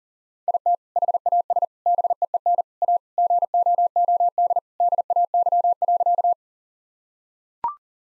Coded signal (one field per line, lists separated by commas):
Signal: Morse code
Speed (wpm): 40 wpm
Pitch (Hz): 700 Hz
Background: none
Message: IT HAS BEEN A GOOD DAY.